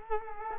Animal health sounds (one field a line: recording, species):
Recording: mosquito wingbeat signal from an infrared sensor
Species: Culex quinquefasciatus